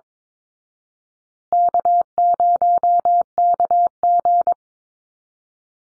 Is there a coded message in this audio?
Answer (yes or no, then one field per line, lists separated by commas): yes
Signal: Morse code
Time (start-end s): 1.5-4.5 s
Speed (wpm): 22 wpm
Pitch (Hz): 700 Hz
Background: none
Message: K0KG